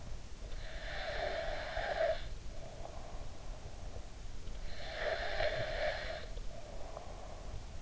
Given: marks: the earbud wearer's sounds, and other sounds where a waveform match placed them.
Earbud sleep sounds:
sounds in sleep by an in-ear microphone; snoring breath
0.52-3.26 s: snoring breath
4.56-7.82 s: snoring breath

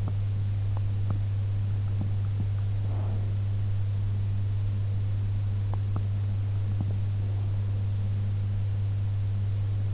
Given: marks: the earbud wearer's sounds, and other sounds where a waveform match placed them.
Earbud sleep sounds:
sounds in sleep by an in-ear microphone; teeth grinding, breath
0.00-0.20 s: teeth grinding
0.72-1.25 s: teeth grinding
2.71-3.40 s: breath
5.53-6.29 s: teeth grinding

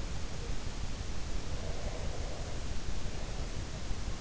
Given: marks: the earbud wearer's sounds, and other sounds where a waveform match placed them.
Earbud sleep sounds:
sounds in sleep by an in-ear microphone; breath
1.51-3.69 s: breath

